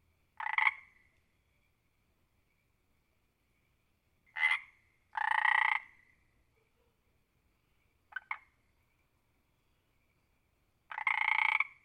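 Frog croaking in scattered bouts: short raspy notes and longer pulsed croaks separated by pauses of a few seconds, with a brief clicking double note between them.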